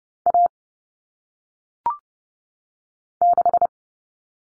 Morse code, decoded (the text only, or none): A 6